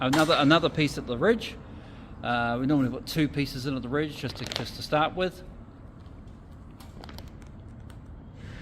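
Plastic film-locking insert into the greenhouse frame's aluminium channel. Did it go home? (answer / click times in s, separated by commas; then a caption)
yes / 7.2 s. Someone talks while a second plastic film-locking insert is pushed into the aluminium channel at the ridge of a Redpath tunnelhouse frame to hold the cover film tight. After the talking stops, a few faint taps and rustles are heard, with the insert clicking into place at 7.2 s. The insert is seated.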